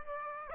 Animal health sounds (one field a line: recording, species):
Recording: mosquito wingbeat signal from an infrared sensor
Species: Aedes aegypti